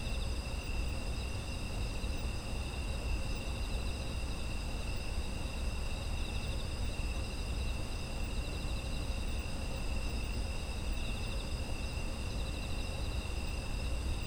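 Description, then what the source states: Constant chorus of insects, high buzzy trills stacked at several pitches with slight rhythmic flutter, against a continuous low rumble. Autumn insect ambience.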